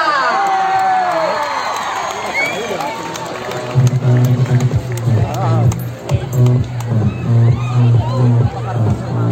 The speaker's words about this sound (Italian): Un applauso